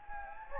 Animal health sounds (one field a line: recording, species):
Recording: mosquito wingbeat signal from an infrared sensor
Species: Anopheles gambiae